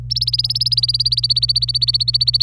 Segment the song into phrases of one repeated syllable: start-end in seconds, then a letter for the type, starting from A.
0.10-2.42 A